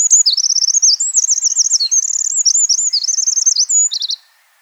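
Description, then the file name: Eurasian wren song: a rapid, high-pitched outpouring of twittering notes and fast trills, running unbroken for about four seconds and ending in a short trill. "Troglodytes troglodytes"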